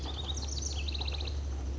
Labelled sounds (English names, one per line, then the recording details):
House Wren
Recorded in Sonoma County, California